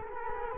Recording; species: mosquito wingbeat signal from an infrared sensor; Culex quinquefasciatus